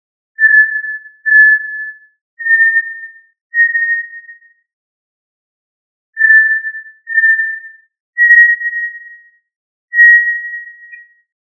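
Tinamou call of clear, flat whistles in groups of four, pitch stepping slightly upward through each group, the sequence repeated after a short silence.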